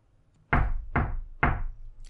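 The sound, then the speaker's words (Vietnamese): Three evenly spaced, soft but steady knocks on the door of a room, each a short, muffled thud with a quick decay, at a steady unhurried rhythm and no voices. “Ba tiếng gõ khẽ khẽ, nhẹ mà vững vàng.”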